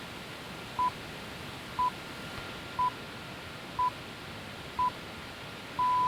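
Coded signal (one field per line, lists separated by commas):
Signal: radio time signal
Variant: time pips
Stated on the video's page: Received on a Raddy RF-919 radio with a new LW/MW ferrite rod antenna.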